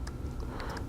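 The speaker module's flex connector on a Galaxy Tab 4 8.0 (SM-T337A) tablet is plugged into the main board socket as the speaker is set back in place over the board. A faint, short click at 0.1 s marks the connector seating, followed by a few softer ticks over low background noise.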